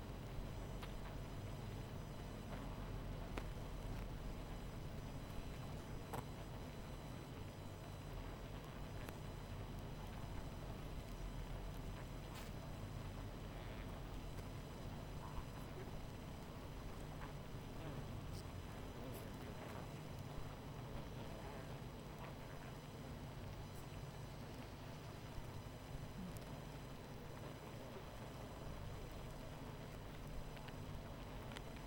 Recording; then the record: honeybee colony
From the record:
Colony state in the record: missing queen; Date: 14 July 2017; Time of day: 21:40